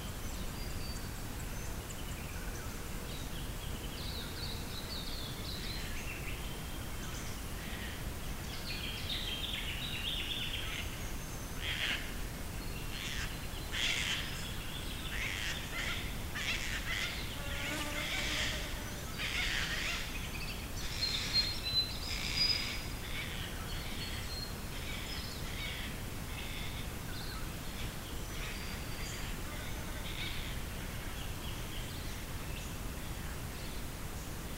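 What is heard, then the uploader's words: Early morning birdsong by a river, with a steady low rush of water or wind underneath throughout. Bright chirps and short trills come in clusters, busiest between about ten and twenty-three seconds, thinning out toward the end. This is an early morning recording of the bird song on the Isabella River. I think made mid 1990s.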